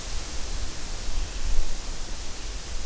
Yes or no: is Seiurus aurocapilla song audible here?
no